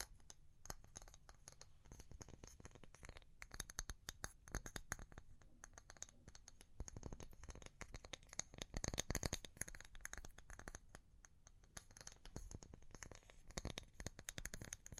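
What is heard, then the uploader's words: Fast, irregular tapping with sharp clicks in dense bursts, slowing and thinning at times, with a loud cluster around nine seconds. ASMR Pure Tapping Fast and Slow (No Talking).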